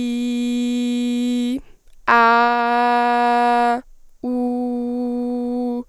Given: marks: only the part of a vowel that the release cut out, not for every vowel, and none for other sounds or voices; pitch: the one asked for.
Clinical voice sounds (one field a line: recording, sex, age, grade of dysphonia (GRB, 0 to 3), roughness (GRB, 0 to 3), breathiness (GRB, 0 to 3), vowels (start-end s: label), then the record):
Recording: sustained vowels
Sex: female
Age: 18 to 19 years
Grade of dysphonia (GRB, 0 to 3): 0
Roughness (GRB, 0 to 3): 0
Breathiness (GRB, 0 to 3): 0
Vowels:
0.00-1.48 s: vowel /i/, normal pitch
2.18-3.68 s: vowel /a/, normal pitch
4.31-5.70 s: vowel /u/, normal pitch
From the record:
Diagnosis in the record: healthy voice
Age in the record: 19 years